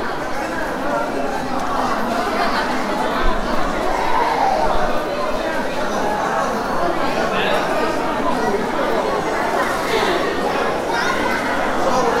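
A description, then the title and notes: A busy hospital outpatient hall fills with a steady, dense murmur of many overlapping voices, none standing out clearly. The chatter holds an even level throughout, with a roomy, echoing quality and occasional brighter clinks and footsteps scattered through the background. Qingdao Hospital Outpatient Hall. Track 8 is Qingdao Hospital’s busy outpatient service hall. On this day, many people are sick.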